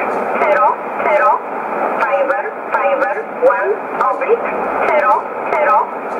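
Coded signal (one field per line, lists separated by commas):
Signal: numbers station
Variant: E11, English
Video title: 25 08 2015 Numbers Station E11 in English 1925 on 11581 USB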